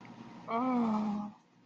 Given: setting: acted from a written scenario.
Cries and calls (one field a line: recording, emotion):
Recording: vocal sound without words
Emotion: romantic love